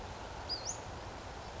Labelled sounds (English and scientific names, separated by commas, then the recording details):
Western Flycatcher (Empidonax difficilis)
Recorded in Sonoma County, California